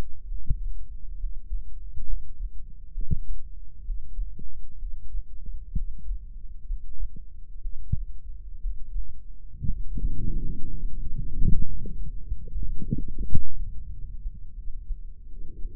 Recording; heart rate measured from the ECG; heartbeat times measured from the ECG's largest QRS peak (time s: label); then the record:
heart sounds by microphone in the right ear; 68 bpm
0.25 s: heartbeat
1.17 s: heartbeat
2.04 s: heartbeat
2.92 s: heartbeat
3.82 s: heartbeat
4.77 s: heartbeat
5.73 s: heartbeat
6.64 s: heartbeat
7.60 s: heartbeat
8.59 s: heartbeat
9.65 s: heartbeat
10.68 s: heartbeat
11.62 s: heartbeat
12.49 s: heartbeat
13.23 s: heartbeat
13.89 s: heartbeat
14.54 s: heartbeat
15.28 s: heartbeat
From the record:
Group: healthy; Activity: Valsalva maneuver 0-7 s, rest 7-16 s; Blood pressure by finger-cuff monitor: 112/74 mmHg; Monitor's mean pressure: 85 mmHg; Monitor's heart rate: 64 bpm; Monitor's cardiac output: 4.9 L/min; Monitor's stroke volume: 76 mL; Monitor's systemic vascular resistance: 1250 dyn s/cm5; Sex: female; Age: 23 years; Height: 160 cm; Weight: 50.4 kg